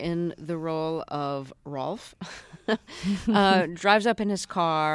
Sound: laughter

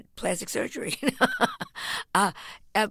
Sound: soundbite of laughter

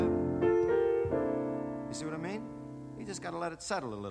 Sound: speaking

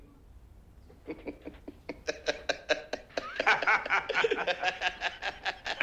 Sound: soundbite of laughter

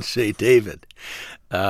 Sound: soundbite of laughter

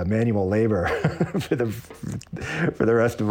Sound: laughter

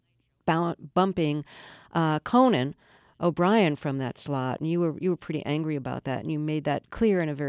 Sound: none

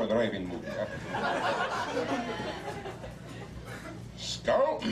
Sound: laughter; italian gibberish

